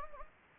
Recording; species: mosquito wingbeat signal from an infrared sensor; Anopheles gambiae